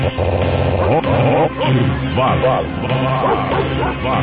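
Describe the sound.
Loud, repeated dog-like barks and yips ring out over dense, continuous music at a Carretão Hot Valley party, with voices mixed in throughout.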